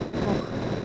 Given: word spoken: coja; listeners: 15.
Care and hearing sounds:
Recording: one Spanish word in noise, from a listening test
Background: noise modulated by three-talker babble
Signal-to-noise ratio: -4.9 dB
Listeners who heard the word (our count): 1 of 15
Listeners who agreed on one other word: 10 of 15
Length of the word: 0.45 s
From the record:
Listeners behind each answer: 10, 1, 1, 1, 1, 1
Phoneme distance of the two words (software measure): 7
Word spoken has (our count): 2 syllables, 4 phonemes, stress on syllable 1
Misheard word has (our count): 2 syllables, 3 phonemes, stress on syllable 1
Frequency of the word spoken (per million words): 3.05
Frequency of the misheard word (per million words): 31.03

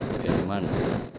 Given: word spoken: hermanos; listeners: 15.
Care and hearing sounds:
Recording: one Spanish word in noise, from a listening test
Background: noise modulated by three-talker babble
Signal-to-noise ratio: -5.6 dB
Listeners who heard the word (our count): 2 of 15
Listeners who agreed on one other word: 11 of 15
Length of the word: 0.78 s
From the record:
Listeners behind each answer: 11, 2, 1, 1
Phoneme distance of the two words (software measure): 7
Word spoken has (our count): 3 syllables, 7 phonemes, stress on syllable 2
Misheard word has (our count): 3 syllables, 6 phonemes, stress on syllable 2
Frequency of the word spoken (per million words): 63.73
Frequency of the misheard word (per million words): 96.59

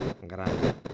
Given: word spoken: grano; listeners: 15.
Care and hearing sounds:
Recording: one Spanish word in noise, from a listening test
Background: noise modulated by one talker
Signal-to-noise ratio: -8.7 dB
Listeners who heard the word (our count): 2 of 15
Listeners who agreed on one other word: 8 of 15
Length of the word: 0.54 s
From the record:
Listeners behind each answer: 8, 2, 1, 1, 1, 1, 1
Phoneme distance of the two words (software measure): 17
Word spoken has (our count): 2 syllables, 5 phonemes, stress on syllable 1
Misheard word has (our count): 2 syllables, 6 phonemes, stress on syllable 1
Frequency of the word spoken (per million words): 14.35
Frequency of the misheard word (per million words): 130.32

